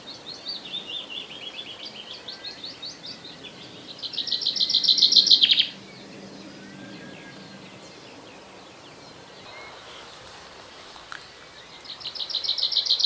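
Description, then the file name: Common Chaffinch song: a trill that drops in pitch and swells into a loud terminal flourish, with a new phrase beginning near the end. "Fringilla coelebs"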